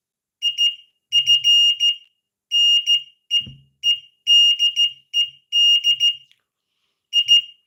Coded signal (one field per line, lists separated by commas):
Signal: Morse code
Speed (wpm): 14 wpm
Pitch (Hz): 2850 Hz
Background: none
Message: IF NEEDED I